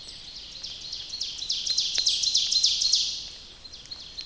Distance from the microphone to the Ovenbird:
about 30 m